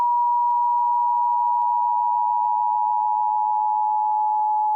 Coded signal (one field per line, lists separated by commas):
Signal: Emergency Alert System (SAME) tones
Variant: 853 and 960 Hz attention tone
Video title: The Best EAS Scenario ever made (Part 2)